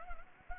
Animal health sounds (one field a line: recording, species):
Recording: mosquito wingbeat signal from an infrared sensor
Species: Anopheles gambiae